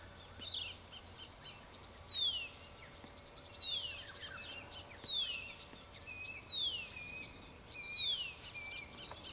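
Horsfield's bronze cuckoo repeating a descending whistled note several times at fairly even intervals, over a steady high background hum.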